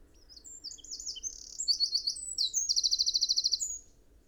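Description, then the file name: Eurasian wren song, a fast tumbling series of high, sharp notes building into a loud rattling trill near the close. "Troglodytes troglodytes"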